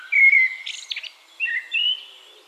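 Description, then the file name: Eurasian blackbird song: a clear whistled note held near one pitch, then a brief squeaky twitter and two more fluty phrases. "Turdus merula"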